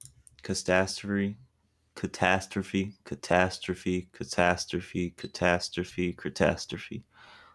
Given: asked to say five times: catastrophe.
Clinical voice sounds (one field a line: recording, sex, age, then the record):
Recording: repeated word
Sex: male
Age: 20 to 29 years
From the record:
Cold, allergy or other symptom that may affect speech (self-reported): no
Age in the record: 23 years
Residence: North Carolina, United States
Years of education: 13